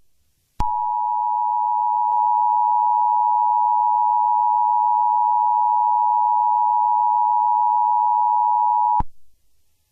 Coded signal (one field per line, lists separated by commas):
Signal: Emergency Alert System (SAME) tones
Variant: 853 and 960 Hz attention tone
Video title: EAS Mock #4: (LOUD AND VALID TONES) 11/9/11 EAS Test Recreation.